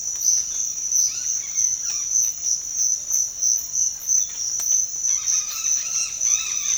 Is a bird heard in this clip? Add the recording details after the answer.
yes. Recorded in pastures near Puerto Asís, Putumayo, Colombia, on 8 March 2025 at 06:30. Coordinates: 0.502, -76.324. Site GP07